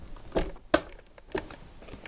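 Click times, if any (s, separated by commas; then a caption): 0.7 s. The plastic seal of a new eSpares Miele FJM type paper vacuum cleaner bag is slid, with the arrows lined up, into the bag holder mount of a canister vacuum cleaner. Soft handling knocks at about 0.4 s and 1.4 s surround one sharp click at 0.7 s. The seal is seated in the holder.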